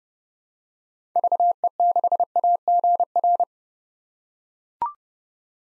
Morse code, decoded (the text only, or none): VE6AGR